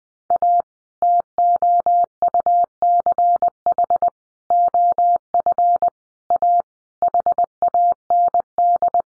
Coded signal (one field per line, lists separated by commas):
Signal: Morse code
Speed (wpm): 20 wpm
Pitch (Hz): 700 Hz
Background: none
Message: A TOUCH OF A HAND